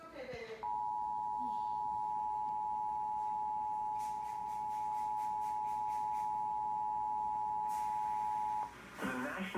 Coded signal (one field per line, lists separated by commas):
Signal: Emergency Alert System (SAME) tones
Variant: 853 and 960 Hz attention tone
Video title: FLASH FLOOD WARNING ON TV! | EAS 22